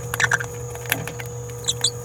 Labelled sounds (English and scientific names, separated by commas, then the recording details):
Green-rumped Parrotlet (Forpus passerinus) babbling
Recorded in a nest box in Venezuela
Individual 18B17A3